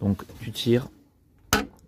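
Someone talks, then pulls the plastic front grille off the car, and its plastic clips along the sides, clipped into the bumper/front panel, let go with one sharp snap at 1.5 s. The grille clip pulls free and is released.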